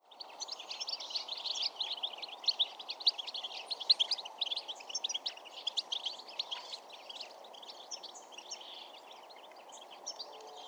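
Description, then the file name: European goldfinch calls, a busy stream of high tinkling twitters and chirps, fairly irregular, fading toward the end over a steady low hiss. "Carduelis carduelis"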